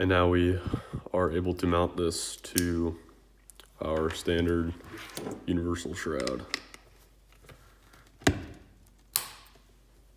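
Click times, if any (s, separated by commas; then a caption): 9.2 s. Someone talks as a TATM night vision helmet mount, just converted from its low-profile interface to a dovetail, is pushed onto a universal helmet shroud. A smaller knock comes at 8.3 s, then a sharp, loud click at 9.2 s as the mount locks into place on the shroud.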